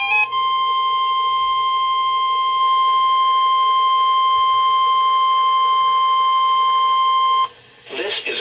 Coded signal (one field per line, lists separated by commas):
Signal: Emergency Alert System (SAME) tones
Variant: 1050 Hz attention tone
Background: music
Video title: RadioShack 12-521 NOAA Required Weekly Test (EAS #96)